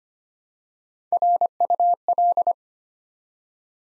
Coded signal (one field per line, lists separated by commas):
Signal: Morse code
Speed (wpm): 25 wpm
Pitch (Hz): 700 Hz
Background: none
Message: RUL